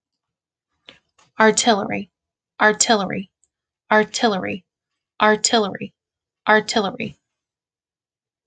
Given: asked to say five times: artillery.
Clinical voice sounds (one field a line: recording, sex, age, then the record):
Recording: repeated word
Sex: female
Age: 30 to 39 years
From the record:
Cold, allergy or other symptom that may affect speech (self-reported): no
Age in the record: 32 years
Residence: Indiana, United States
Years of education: 14